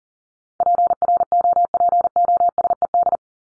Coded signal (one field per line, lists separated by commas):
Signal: Morse code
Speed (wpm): 40 wpm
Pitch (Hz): 700 Hz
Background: none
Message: PROPOSED